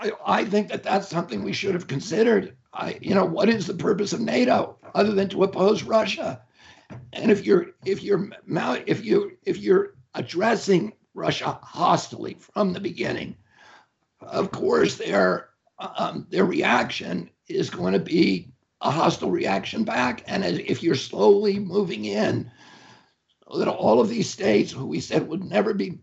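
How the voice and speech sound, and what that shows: An adult man talks in connected phrases with a tight, strained, rough voice, creaky breaks and repeated restarts of 'if you're' with stretched pauses. This strangled, effortful voicing fits spasmodic dysphonia, in which the vocal folds spasm during speech.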